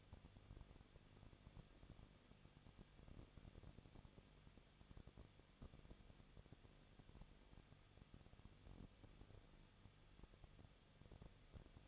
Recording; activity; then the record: daily activity, microphone in the room; no activity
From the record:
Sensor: 4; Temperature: 23.1 degrees Celsius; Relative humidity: 34.5%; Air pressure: 1007.2 hPa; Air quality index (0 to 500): 215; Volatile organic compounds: 15 ppm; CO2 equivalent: 2490 ppm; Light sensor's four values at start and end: 2/3/1/1 and 2/3/1/1